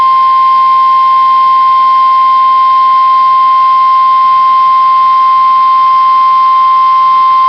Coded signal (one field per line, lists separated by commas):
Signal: Emergency Alert System (SAME) tones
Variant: 1050 Hz attention tone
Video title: November 27 required weekly test on 8 stations